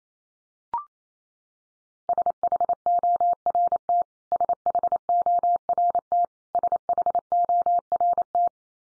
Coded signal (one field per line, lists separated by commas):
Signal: Morse code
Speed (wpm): 28 wpm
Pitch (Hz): 700 Hz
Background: none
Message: SHORT SHORT SHORT